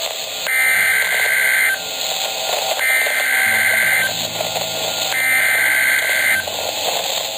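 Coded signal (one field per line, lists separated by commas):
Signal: Emergency Alert System (SAME) tones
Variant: header bursts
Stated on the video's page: Compilation of real alerts: tornado emergency, tsunami warning, AMBER alert and a ballistic missile alert.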